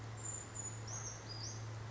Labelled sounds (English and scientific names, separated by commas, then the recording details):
Brown Creeper (Certhia americana)
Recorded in Sonoma County, California